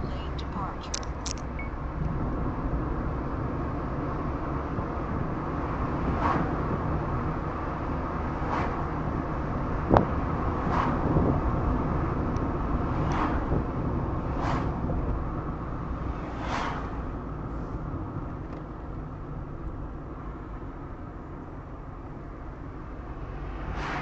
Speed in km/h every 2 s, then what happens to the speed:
54, 55, 62, 63, 63, 61, 56, 50, 41, 40, 35, 39.
0-4 speeds up to 62. 4-9 steady at about 63. 9-20 slows to 35.